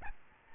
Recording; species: mosquito wingbeat signal from an infrared sensor; Aedes albopictus